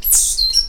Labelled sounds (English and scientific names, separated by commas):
Stitchbird (Notiomystis cincta) song